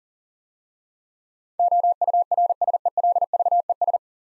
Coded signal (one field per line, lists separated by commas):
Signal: Morse code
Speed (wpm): 41 wpm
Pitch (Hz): 700 Hz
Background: none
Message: OURSELVES